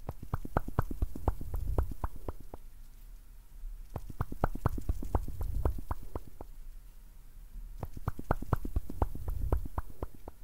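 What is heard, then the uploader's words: Quick tapping clicks come in three bursts, each with a low soft blowing swell underneath, fading between bursts. ASMR PLUCKING AND PULLING YOUR ANXIETY WITH MOUTH SOUNDS, BLOWING, TAPPING, AND MORE.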